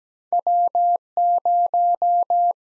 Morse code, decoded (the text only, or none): W 0